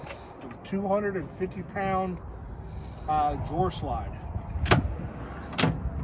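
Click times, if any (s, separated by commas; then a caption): 5.6 s. Someone talks as a storage box drawer on 250 lb drawer slides in a Honda Element camper is pushed closed. A sharp transient sounds at about 4.7 s, then the drawer slide lock engages with a sharp click at 5.6 s, locking the drawer in place.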